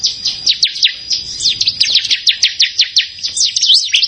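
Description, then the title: Bar-winged prinia song: rapid series of sharp, steeply sweeping high chirps and ticks, repeated continuously in quick bursts. "Ciblek Sawah"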